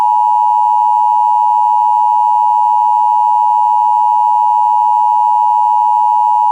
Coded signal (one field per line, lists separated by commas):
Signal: Emergency Alert System (SAME) tones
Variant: 853 and 960 Hz attention tone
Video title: Severe Thunderstorm Warning for Rush, IN; Shelby, IN; Hancock, IN; and Henry, IN (EAS #139)